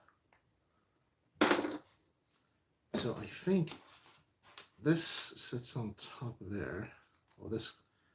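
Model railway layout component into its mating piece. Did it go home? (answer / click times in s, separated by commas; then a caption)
no / none. A model railway layout component is handled and positioned on top of its mating piece while someone talks. Faint taps at 0.1 s and 0.3 s, a loud sharp handling burst at 1.4 s and a short tap at 4.6 s are heard between the speech. Nothing has seated or clicked into place yet.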